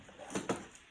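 A plastic snap fastener is set into a fabric pouch flap with snap pliers, lowered over the plastic snap cap and fabric and squeezed a couple of times. Two sharp pressing clicks are heard at 0.5 s and 0.8 s, the first louder, over a low background. The snap is seated in place.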